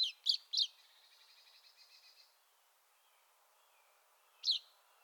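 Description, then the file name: Common chaffinch calls: three sharp high notes, then a soft buzzy trailing rattle, and another single sharp note near the end. "Fringilla coelebs"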